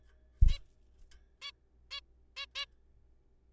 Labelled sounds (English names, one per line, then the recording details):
Zebra Finch
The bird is a juvenile
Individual R3428